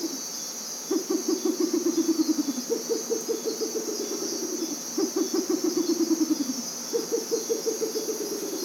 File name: Bare legged Owl